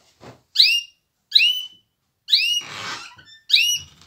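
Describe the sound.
Canary calls, loud bright chirps repeated roughly every second, one followed by a brief rough noisy burst, then another bright chirp.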